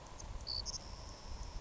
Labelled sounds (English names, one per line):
Savannah Sparrow